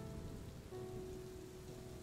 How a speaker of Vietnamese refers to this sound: Ôi, mưa như thế này làm sao đi được? Tôi đợi Mai tạnh rồi sang vậy? Mai lên tiếng đề nghị khi nhận thấy cơn mưa đã quá lớn.